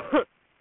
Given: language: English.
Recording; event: throat vibration sensor signal played as sound; cough